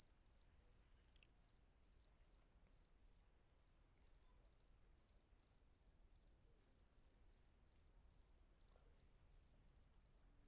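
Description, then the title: Cricket chirps in a regular series, each brief pulsed burst following the last at roughly two or three per second, over quiet night background. Night ambience on Patmos, Vagia, Greece; recorded with a Fostex FR-2 and an MKH800 microphone. "Patmos, Vagia, Griechenland - Nachtsimmung 03, Grillen"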